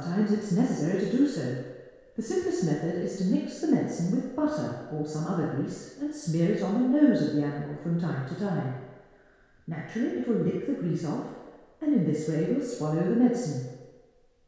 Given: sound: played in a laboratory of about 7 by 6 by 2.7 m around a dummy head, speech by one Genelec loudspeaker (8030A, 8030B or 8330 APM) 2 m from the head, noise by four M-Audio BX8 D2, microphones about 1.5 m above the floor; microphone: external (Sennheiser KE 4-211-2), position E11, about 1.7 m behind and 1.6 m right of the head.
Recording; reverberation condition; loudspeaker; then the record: female speech in English; high; 120 degrees to the right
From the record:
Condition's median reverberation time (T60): about 1300 ms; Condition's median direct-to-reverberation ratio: about -4.0 dB